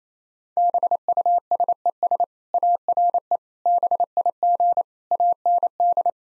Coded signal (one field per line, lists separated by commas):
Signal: Morse code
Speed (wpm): 28 wpm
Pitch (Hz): 700 Hz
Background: none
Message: BUSES ARE BIG AND